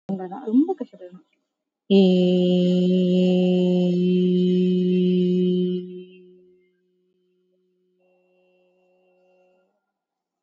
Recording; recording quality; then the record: sustained vowel as in made; excellent, no background noise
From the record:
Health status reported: COVID-19 positive, no symptoms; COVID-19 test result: positive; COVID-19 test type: RT-PCR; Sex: female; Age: 34 years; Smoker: no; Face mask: worn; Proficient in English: yes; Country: India